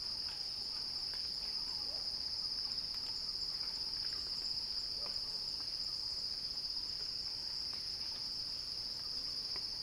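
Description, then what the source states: Cicada song, a continuous piercing high drone that stays level from start to finish, with only a few faint ticks and chirps underneath. Recorded by Axel Drioli; described as a cicada crescendo.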